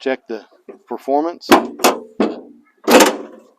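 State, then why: Not seated. Someone talks while the repaired tailgate latch of a 1999–2015 Chevy Silverado/GMC Sierra pickup bed is handled toward its striker, with a few sharp, broadband knocking thuds around 1.5, 1.8, 2.2 and 3.0 seconds. The clip ends before the latch goes home; nothing has seated or clicked yet.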